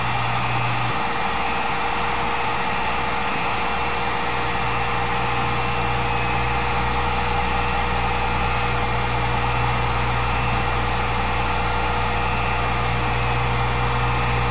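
Computers hum in a steady, unchanging drone, with a low rumble beneath and several fixed whining tones and a faint hiss above.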